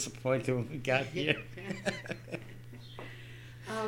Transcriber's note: she laughs